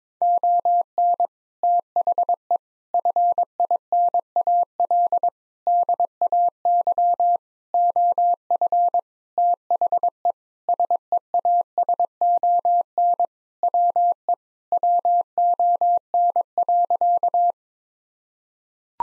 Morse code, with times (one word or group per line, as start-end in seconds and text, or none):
0.2-1.3 ON
1.6-2.6 THE
2.9-5.3 FINAL
5.7-7.4 DAY
7.7-9.0 OF
9.4-10.3 THE
10.7-13.3 SEASON
13.6-14.3 WE
14.7-17.5 WON.